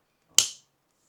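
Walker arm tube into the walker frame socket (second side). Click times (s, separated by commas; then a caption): 0.4 s. A walker arm tube is pressed by hand into the frame socket on the second side of a HolyHeal lightweight folding rolling walker with 2 skis and 5-inch wheels. A single loud, sharp snap is heard at 0.4 s, followed by a short bright tail that fades by about 0.6 s. The part seats and clicks as the lock engages.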